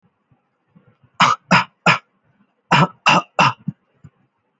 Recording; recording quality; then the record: shallow voluntary cough; excellent, no background noise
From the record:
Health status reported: healthy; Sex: male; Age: 28 years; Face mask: not worn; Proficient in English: yes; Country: India